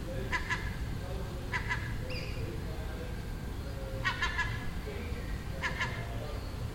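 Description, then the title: Gull giving short clipped double notes in spaced bursts, with a few faint higher whines between them and low background hum. Nesting gull on a neighbouring roof in Den Haag, Netherlands, recorded June 18th 2017; it made these sounds all day for a week. "Seagull Chatter (Den Haag"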